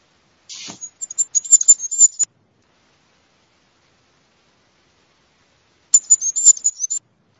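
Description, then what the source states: Goldcrest song: two bursts of very high, thin, rapidly repeated notes, the first lasting nearly two seconds and the second about a second, separated by a long silent pause. Song of the male.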